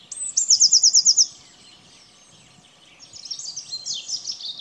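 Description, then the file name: Eurasian blue tit song: a high sharp note and a quick shimmering trill of about eight notes, then quieter high chattering later. "Cyanistes caeruleus"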